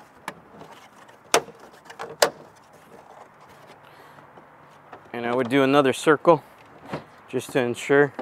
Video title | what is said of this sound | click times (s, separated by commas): The NEW TRD PRO V2 Grille How To Install & Wire Onto A Toyota Tacoma - Is It Better Then V1? | make sure it snaps in all the way you should hear it click and I would | 1.3 s, 2.2 s